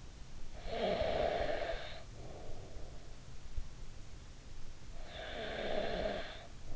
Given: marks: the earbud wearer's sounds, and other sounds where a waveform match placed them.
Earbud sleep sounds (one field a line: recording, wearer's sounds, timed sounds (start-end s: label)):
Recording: sounds in sleep by an in-ear microphone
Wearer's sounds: snoring breath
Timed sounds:
0.30-3.04 s: snoring breath
4.47-6.75 s: snoring breath